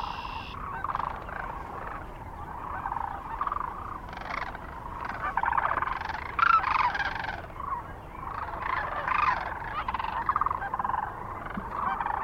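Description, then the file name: Sandhill Cranes calling in a dense chorus, rattling trills in bursts, several birds at once, with louder calls near the middle. Recorded near Kearney, Nebraska, on 9 March 2004. "2004-03-09 SACRandmore B Kearney NE"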